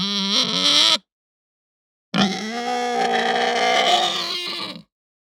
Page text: Hampshire Pig Groan Squeal Hung Ramp Up. Quick Sounds